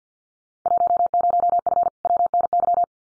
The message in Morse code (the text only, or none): 10F WNY